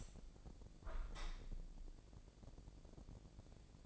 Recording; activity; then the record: daily activity, microphone in the room; open window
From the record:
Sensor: 5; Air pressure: 1012.4 hPa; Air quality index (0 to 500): 159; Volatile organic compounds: 2 ppm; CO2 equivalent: 1079 ppm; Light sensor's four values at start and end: 68/165/67/71 and 68/163/67/70